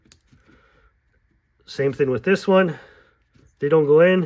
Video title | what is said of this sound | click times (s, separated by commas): Build Your Own Anderson Power Pole Leads Without a special Crimping Tool. DIY Detailed Instructions | till you get a nice solid click | 0.1 s